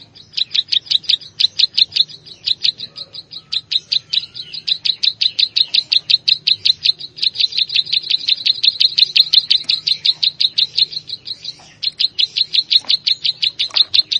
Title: Ciblek Sawah